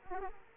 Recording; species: mosquito wingbeat signal from an infrared sensor; Aedes aegypti